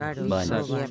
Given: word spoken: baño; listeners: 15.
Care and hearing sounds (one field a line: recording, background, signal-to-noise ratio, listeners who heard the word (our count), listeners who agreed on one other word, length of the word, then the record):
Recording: one Spanish word in noise, from a listening test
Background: four-talker babble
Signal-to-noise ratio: -0.5 dB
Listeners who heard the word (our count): 1 of 15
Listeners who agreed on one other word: 9 of 15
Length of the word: 0.51 s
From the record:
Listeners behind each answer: 9, 1, 1, 1, 1, 1, 1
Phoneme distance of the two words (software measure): 7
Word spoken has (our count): 2 syllables, 4 phonemes, stress on syllable 1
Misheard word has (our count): 2 syllables, 5 phonemes, stress on syllable 1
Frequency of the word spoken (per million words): 44.64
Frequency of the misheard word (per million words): 10.56